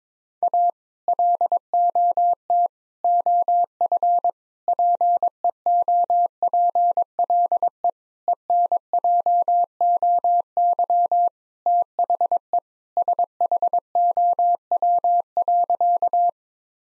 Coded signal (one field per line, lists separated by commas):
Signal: Morse code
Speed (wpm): 21 wpm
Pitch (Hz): 700 Hz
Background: none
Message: A LOT OF PEOPLE ENJOY THE SHOW.